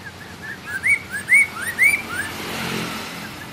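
Bird whistling a few sharp rising notes in fast succession, then a swelling rumble of passing noise covers the end.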